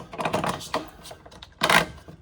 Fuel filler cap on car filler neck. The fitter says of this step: three clicks at least.